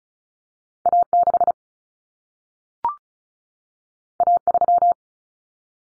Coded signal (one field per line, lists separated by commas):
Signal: Morse code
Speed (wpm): 36 wpm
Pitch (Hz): 700 Hz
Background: none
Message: A6 A3